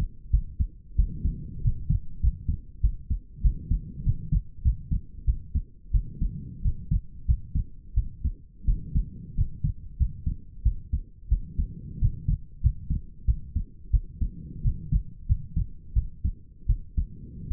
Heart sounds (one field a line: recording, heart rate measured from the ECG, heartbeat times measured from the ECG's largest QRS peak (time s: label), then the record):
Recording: heart sounds by stethoscope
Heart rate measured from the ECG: 91 bpm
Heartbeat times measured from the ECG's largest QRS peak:
0.31 s: heartbeat
0.96 s: heartbeat
1.62 s: heartbeat
2.21 s: heartbeat
2.81 s: heartbeat
3.42 s: heartbeat
4.04 s: heartbeat
4.63 s: heartbeat
5.25 s: heartbeat
5.92 s: heartbeat
6.62 s: heartbeat
7.26 s: heartbeat
7.95 s: heartbeat
8.65 s: heartbeat
9.35 s: heartbeat
9.97 s: heartbeat
10.63 s: heartbeat
11.29 s: heartbeat
11.99 s: heartbeat
12.61 s: heartbeat
13.26 s: heartbeat
13.91 s: heartbeat
14.62 s: heartbeat
15.27 s: heartbeat
15.94 s: heartbeat
16.67 s: heartbeat
17.48 s: heartbeat
From the record:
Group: healthy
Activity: rest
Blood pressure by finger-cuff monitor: 101/63 mmHg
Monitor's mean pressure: 74 mmHg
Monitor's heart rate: 92 bpm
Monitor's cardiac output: 7.4 L/min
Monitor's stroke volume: 80 mL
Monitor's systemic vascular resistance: 710 dyn s/cm5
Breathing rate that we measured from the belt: 23 breaths a minute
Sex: female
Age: 19 years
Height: 163 cm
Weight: 48.9 kg